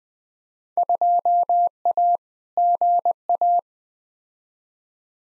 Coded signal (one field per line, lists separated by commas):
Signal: Morse code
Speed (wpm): 20 wpm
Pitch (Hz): 700 Hz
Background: none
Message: 2A GA